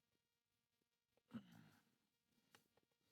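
A coolant hose quick-connect fitting is lined up and pushed up onto the new thermostat housing of a 2014-2020 Tahoe. A broad rustling scrape swells around 1.4 s, then a short, sharp snap at 2.6 s marks the connector popping in. The fitting is confirmed seated.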